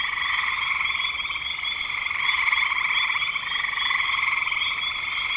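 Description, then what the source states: Frogs in full chorus, a steady rapid pulsing buzz from numerous callers that swells slightly midway and never pauses. Frogs calling in spring 2025.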